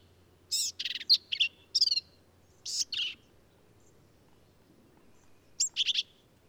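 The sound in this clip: Black-capped vireo giving scratchy, squeaky song phrases in quick succession, a longer pause, then one more short phrase.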